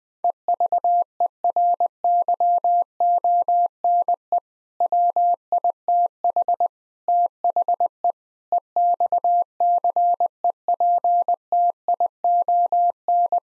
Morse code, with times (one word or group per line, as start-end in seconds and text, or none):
0.2-4.4 EVERYONE
4.8-6.7 WITH
7.1-8.1 THE
8.5-13.4 EXCEPTION